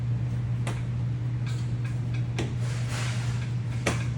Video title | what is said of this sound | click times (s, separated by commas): DRT Parts 98-02 2nd Gen Dodge Ram lower dash install video. | It should pretty much just snap into place. | 3.9 s